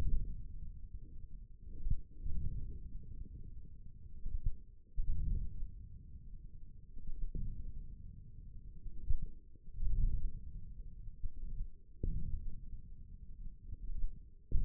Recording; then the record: forearm muscle sounds (acoustic myography)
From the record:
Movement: wrist flexion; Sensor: system 1, eight BSWA MPA416 microphones around the upper forearm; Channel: 2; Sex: male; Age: 28 years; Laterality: right